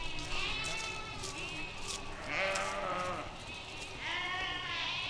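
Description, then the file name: Sheep bleating: wavering, quavering bleats in three bursts throughout, with faint background rustle. A flock of sheep in a park. "Flock Of Sheeps In Park Reba O De Ovejas Parque"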